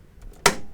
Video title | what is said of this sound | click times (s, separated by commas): Episode 12: Computer Upgrade 1 | That was the click. Sounds like a click. Yep. That was the PCIe by6 clicking in. | 0.5 s